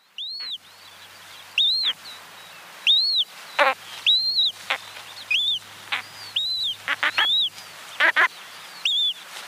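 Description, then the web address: Ruff calls: clear, arched whistled notes repeated roughly every one to one and a half seconds, mixed with short harsh rasping bursts between them. Female calls. "Schulze Peter Ruff female calls"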